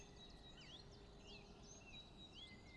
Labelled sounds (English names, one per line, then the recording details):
Common Chiffchaff
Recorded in Germany
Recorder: ecoPi